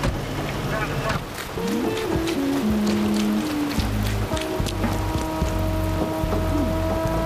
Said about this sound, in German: Endlich. Hoffentlich bringt der Regen wenigstens etwas Abkühlung.